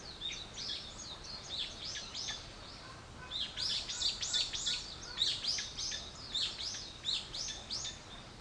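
Bird calls, bursts of sharp high chirps and twittering notes in quick, uneven runs over faint hiss.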